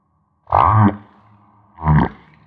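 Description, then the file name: Humpback whale song: two deep, rough, groaning moans about a second apart, broad and low with a roaring quality. Recorded off Maui. "Humpback Whale - Maui Whale One"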